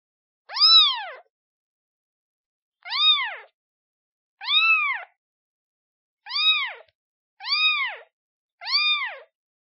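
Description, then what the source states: Cat: kitten calling with six short, arched meows at uneven intervals, nothing else audible. Kitten calling for its mother.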